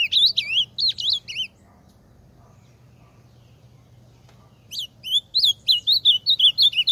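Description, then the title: Ultramarine grosbeak singing a warbled phrase of sliding whistled notes, a long silent gap, then another fast varied whistled phrase, with a low steady hum beneath. Singing in full force. "AZULÃO CANTANDO A TODO VAPOR"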